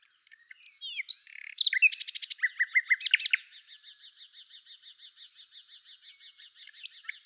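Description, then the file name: Common nightingale song opening with scattered whistles, building to loud rapid repeated notes, then a long even series of softer pulsed notes. "Luscinia megarhynchos"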